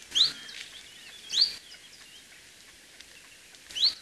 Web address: phylloscopus collybita call